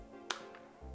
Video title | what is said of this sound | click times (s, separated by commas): Award winning DUOLAB system explained by Ambassador Abby Horne | Close the dispenser with a little squeeze and you'll hear that click. | 0.3 s